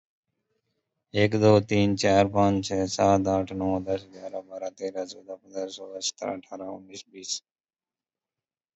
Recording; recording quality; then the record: counting at a fast pace; excellent, no background noise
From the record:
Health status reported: COVID-19 positive, mild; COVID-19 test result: positive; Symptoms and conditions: cough, sore throat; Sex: male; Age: 34 years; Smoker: not ticked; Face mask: worn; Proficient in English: yes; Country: India